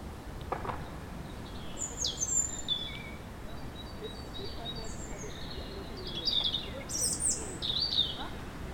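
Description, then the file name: European robin giving scattered high, thin warbles and brief trills, phrases changing each time, over low steady background noise. "Erithacus rubecula"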